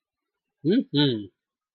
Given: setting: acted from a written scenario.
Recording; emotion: vocal sound without words; pride